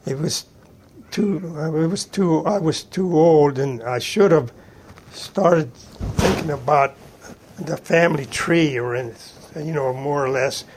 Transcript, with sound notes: It was too -- It was too -- I was too old and I should have started [bang heard in background] thinking about the family tree or in -- you know, more or less.